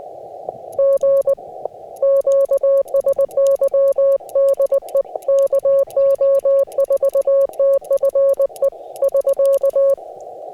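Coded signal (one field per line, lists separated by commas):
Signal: Morse code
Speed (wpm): 20 wpm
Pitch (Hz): 550 Hz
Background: none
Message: G QSY DE KO4TFE <SK>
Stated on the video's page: Difficult QRP CW POTA activation at the Kentucky Horse Park using an FT-891, ZM-2 tuner and 9:1 end-fed random wire, with poor band conditions or a possible contest.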